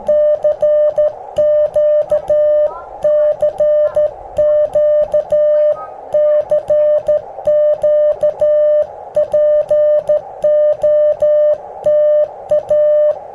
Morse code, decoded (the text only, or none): CQ CQ CQ POTA